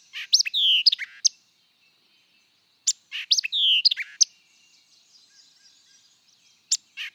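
White-eyed vireo song: short, emphatic phrases of sharp chips and a slurred whistled note, repeated roughly every three seconds, with quiet pauses between.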